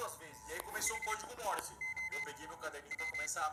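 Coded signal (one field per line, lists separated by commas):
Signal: Morse code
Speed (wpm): 31 wpm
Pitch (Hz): 2050 Hz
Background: speech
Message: HOW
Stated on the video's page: Morse from a puzzle game.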